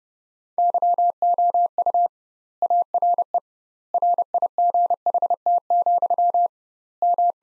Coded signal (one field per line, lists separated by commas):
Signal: Morse code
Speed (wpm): 32 wpm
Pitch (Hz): 700 Hz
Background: none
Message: YOU ARE RIGHT, M